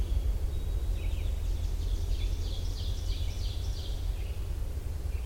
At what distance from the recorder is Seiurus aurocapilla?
about 60 m